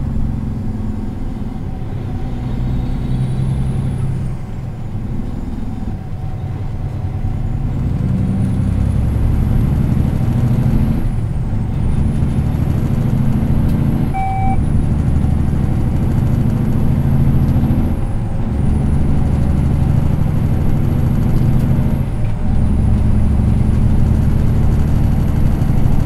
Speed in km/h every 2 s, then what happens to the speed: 35, 38, 36, 36, 44, 50, 57, 62, 67, 71, 76, 79, 83.
0-6 steady at about 36. 6-26 speeds up to 83.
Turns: none.